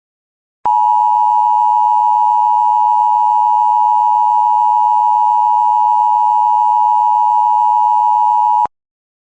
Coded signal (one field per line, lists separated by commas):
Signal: Emergency Alert System (SAME) tones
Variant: 853 and 960 Hz attention tone